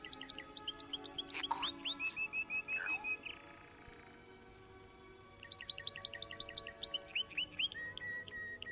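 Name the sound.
birds singing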